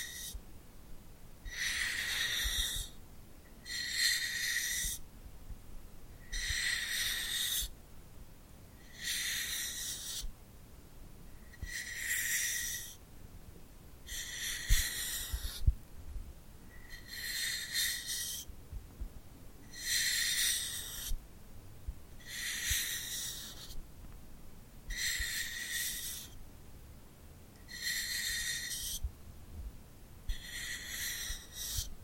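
Glued hands make bright, crackly sticky bursts that repeat steadily about every two seconds over a faint low rumble.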